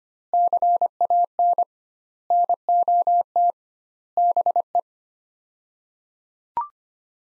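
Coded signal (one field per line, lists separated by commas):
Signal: Morse code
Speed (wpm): 25 wpm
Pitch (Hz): 700 Hz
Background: none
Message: CAN NOT BE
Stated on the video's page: Morse practice of five-word sets at 25wpm with 2x word spacing, a Farnsworth-like method applied to words.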